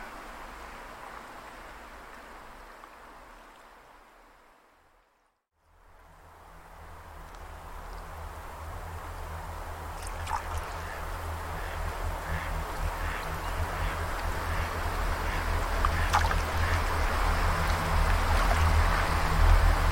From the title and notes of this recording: Nature Symphony: Wind, Birds, Water, and Frogs in Harmony.